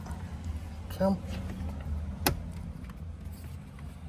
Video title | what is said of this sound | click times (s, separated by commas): Run Power to the 2024 Jeep Wrangler 392 Upper Dash | That all snapped in | 2.3 s